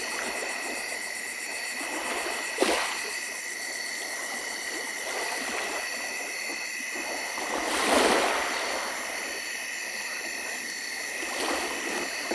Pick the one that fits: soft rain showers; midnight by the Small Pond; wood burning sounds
midnight by the Small Pond